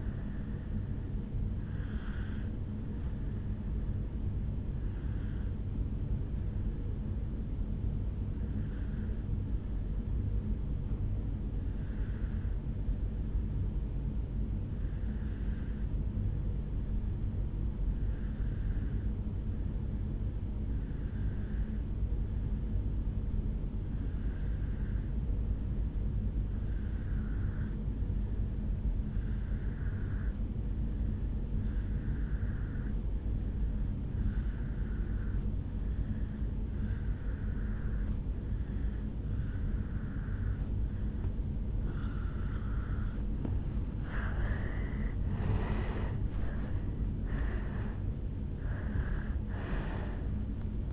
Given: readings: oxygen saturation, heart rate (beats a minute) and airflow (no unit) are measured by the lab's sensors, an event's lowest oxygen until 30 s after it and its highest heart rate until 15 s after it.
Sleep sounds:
breathing in sleep by a smartphone at the bedside; 1
7.00-44.50 s: obstructive apnea (N1, oxygen 97% highest, then 84% lowest, heart rate 58 at the start, 78 highest)
29.00-50.93 s: new sleep stage, N2 (light sleep)
From the record:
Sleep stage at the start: N1 (lightest sleep); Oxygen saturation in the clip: 82 to 97%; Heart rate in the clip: 58 to 77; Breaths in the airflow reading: 4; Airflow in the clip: -10.8 to 7.2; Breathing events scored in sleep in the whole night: 449 in 7.0 hours asleep

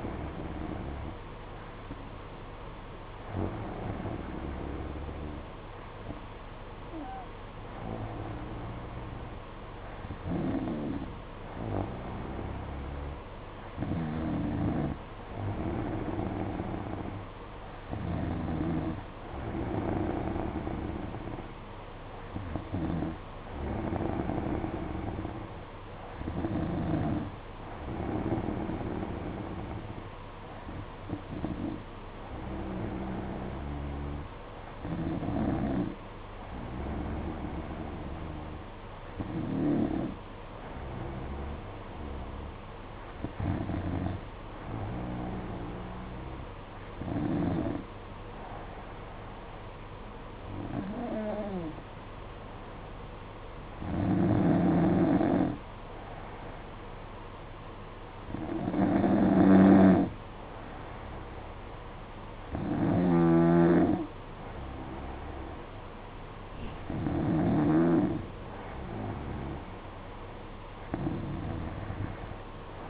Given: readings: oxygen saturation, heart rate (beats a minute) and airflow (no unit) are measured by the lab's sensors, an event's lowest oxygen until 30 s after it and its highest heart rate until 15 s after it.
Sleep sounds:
breathing in sleep by a voice recorder at the bedside; none
none scored
From the record:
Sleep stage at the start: N2 (light sleep); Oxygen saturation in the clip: 93%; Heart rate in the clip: 53 to 58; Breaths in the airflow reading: 18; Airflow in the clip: -4.9 to 3.9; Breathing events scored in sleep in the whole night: 476 in 9.7 hours asleep

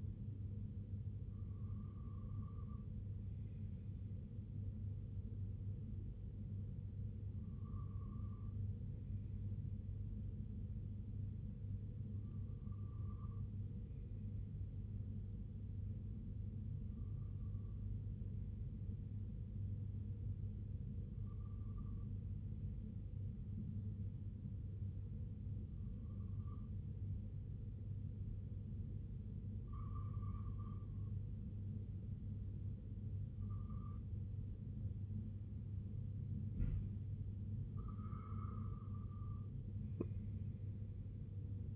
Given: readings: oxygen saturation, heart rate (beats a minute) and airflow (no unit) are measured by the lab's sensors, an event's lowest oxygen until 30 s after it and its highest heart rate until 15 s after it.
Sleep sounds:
breathing in sleep by a smartphone at the bedside; none
none scored
From the record:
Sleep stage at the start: N1 (lightest sleep); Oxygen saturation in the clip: 92 to 95%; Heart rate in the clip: 62 to 76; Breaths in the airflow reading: 8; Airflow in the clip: -6.6 to 3.6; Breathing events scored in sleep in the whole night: 258 in 7.4 hours asleep

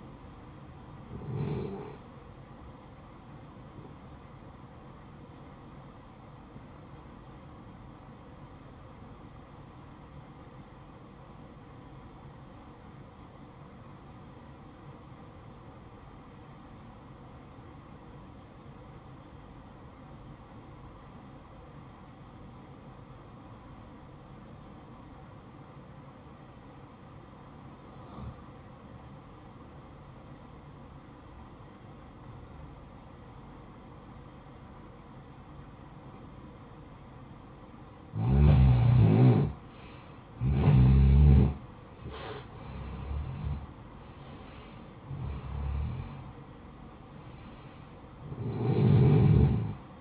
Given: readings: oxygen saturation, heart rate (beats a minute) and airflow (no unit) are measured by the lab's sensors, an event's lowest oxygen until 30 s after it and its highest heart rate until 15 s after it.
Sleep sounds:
breathing in sleep by a smartphone at the bedside; 1
7.00-38.50 s: obstructive apnea (N1, oxygen 95% highest, then 86% lowest, heart rate 58 at the start, 68 highest)
From the record:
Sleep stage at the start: N1 (lightest sleep); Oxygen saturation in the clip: 87 to 95%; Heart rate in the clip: 55 to 68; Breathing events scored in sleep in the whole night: 573 in 9.8 hours asleep

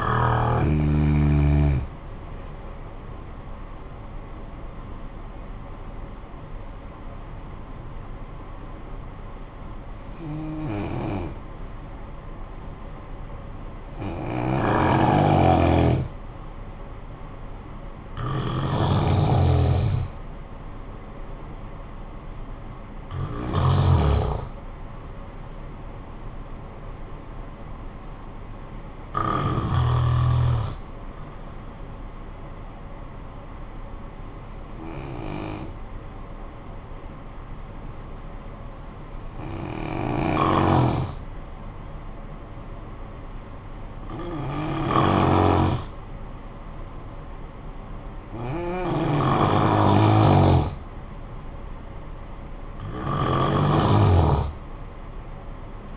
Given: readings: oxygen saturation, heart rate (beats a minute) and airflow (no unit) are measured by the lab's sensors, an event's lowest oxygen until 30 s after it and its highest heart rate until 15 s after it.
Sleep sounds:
breathing in sleep by a smartphone at the bedside; 2
5.00-18.00 s: hypopnea (N1, oxygen 92% highest, then 90% lowest, heart rate 61 at the start, 64 highest)
36.00-50.90 s: hypopnea (N1, oxygen 95% highest, then 89% lowest, heart rate 54 at the start, 70 highest)
From the record:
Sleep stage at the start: N1 (lightest sleep); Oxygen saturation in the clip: 88 to 95%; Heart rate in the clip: 53 to 64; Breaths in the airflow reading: 11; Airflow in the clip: -12.2 to 7.9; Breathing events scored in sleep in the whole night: 445 in 7.6 hours asleep

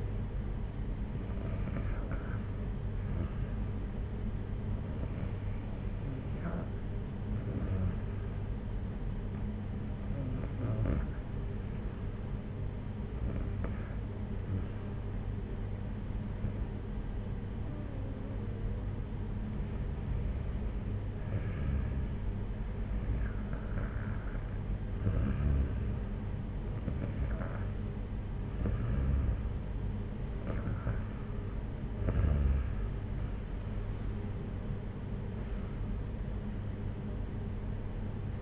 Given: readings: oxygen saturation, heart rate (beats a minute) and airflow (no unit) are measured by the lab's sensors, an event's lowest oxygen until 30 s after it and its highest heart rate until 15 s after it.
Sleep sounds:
breathing in sleep by a smartphone at the bedside; none
none scored
From the record:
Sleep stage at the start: REM sleep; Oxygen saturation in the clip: 93 to 94%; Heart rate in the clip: 55 to 76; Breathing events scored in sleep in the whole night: 226 in 8.8 hours asleep

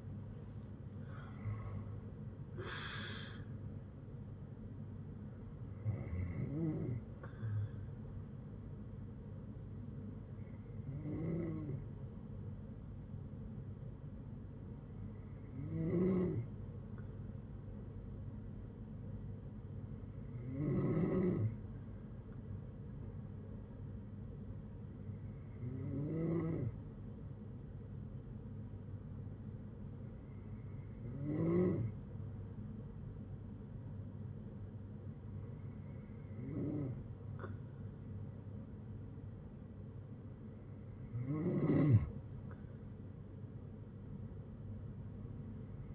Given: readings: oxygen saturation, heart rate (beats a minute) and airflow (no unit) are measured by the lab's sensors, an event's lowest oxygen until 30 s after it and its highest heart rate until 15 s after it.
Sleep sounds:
breathing in sleep by a smartphone at the bedside; 1
5.00-17.70 s: hypopnea (N2, oxygen 94% highest, then 91% lowest, heart rate 78 at the start, 78 highest)
19.00-45.95 s: new sleep stage, N3 (deep sleep)
From the record:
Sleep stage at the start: N2 (light sleep); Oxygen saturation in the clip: 91 to 95%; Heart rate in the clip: 54 to 78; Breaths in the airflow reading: 9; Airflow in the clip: -8.0 to 10.0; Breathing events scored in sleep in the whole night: 182 in 7.4 hours asleep

